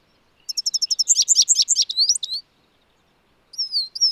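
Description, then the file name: European goldfinch calls: a rapid run of thin high chips turning into tinkling, rippling notes, then after a pause a couple of sliding whistles. "Carduelis carduelis"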